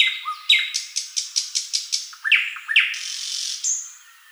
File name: solovey obyknovennyy golos